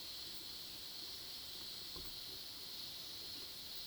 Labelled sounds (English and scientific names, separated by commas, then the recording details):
none
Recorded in pastures near Puerto Asís, Putumayo, Colombia, on 21 February 2024 at 15:30
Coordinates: 0.497, -76.327
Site G7276